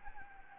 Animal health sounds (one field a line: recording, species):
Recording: mosquito wingbeat signal from an infrared sensor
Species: Anopheles gambiae